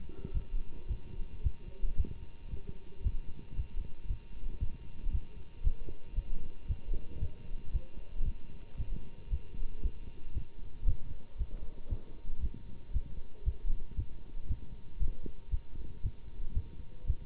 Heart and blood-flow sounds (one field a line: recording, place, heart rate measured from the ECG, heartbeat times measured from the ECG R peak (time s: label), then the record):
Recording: heart sounds by stethoscope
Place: between the tricuspid and mitral areas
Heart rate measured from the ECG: 115 bpm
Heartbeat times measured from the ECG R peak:
0.33 s: heartbeat
0.87 s: heartbeat
1.42 s: heartbeat
1.96 s: heartbeat
2.50 s: heartbeat
3.03 s: heartbeat
3.55 s: heartbeat
4.07 s: heartbeat
4.59 s: heartbeat
5.11 s: heartbeat
5.63 s: heartbeat
6.15 s: heartbeat
6.67 s: heartbeat
7.19 s: heartbeat
7.72 s: heartbeat
8.24 s: heartbeat
8.77 s: heartbeat
9.29 s: heartbeat
9.82 s: heartbeat
10.33 s: heartbeat
10.85 s: heartbeat
11.37 s: heartbeat
11.89 s: heartbeat
12.41 s: heartbeat
12.92 s: heartbeat
13.44 s: heartbeat
13.96 s: heartbeat
14.47 s: heartbeat
14.99 s: heartbeat
15.50 s: heartbeat
16.02 s: heartbeat
16.54 s: heartbeat
17.06 s: heartbeat
From the record:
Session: Bruce protocol treadmill stress test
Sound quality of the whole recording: good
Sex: male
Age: 24 years